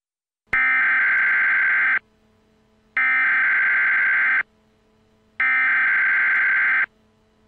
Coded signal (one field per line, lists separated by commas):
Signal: Emergency Alert System (SAME) tones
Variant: header bursts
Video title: The Unknown Launch: Global Destruction- An EAS Scenario (Alternate Ending)